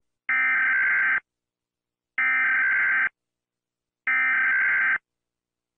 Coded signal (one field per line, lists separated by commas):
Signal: Emergency Alert System (SAME) tones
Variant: header bursts